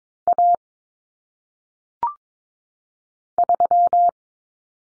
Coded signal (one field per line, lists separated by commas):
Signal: Morse code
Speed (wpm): 22 wpm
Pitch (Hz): 700 Hz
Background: none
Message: A 3